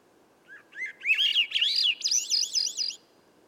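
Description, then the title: Swainson's thrush delivers one ascending song phrase: a low whistle, then fluty rolling notes spiralling higher into a rapid wavering finish, over light background hiss. Single bird singing at dusk by a campsite, about 3 m up a red alder 9 m away, clearing edge among young western hemlock and redcedar; other birds silent; Sound Devices MixPre6 recorder. "A Swainson's Thrush Gift"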